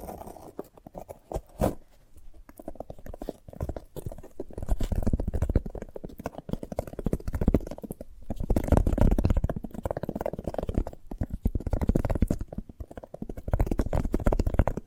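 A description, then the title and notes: Crackly chewing and soft crunching of a sprouted coconut, mostly low and muffled, with sharp clicks and louder, denser stretches around eight and twelve seconds. ASMR of a Sprouted Coconut (No Talking).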